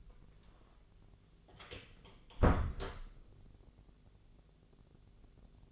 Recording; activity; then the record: daily activity, microphone in the room; close door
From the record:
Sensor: 4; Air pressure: 1001.2 hPa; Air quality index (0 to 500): 181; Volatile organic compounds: 2 ppm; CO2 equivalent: 1296 ppm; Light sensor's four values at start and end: 15/34/14/14 and 16/38/15/16